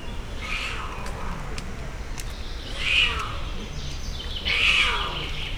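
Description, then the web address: Puma calls: a faint early meow, then two louder high-pitched meows about one and a half seconds apart, with a constant hissing background. Captive puma at a zoo in Szeged, Hungary, 2011, giving longer meowing calls. "szegedizoo 2011 standardt puma"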